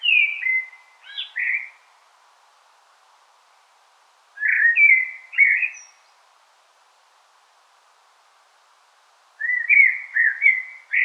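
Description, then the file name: Common blackbird song: three separate fluted phrases with twittering ends, spaced roughly four to five seconds apart against a quiet background. "Turdus merula"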